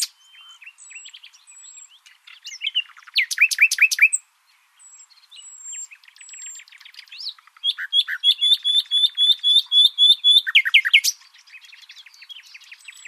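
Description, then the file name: Common nightingale song: varied phrases with fast repeated buzzy notes and loud rapid trills, thin high whistles between, pauses separating bursts. "Luscinia megarhynchos"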